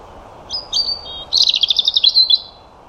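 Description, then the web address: European robin song: thin high whistles, then a fast trilling run of sweet notes, over a steady low background hiss. "Deverinetal 2025 File origin Bird Only Er Ru"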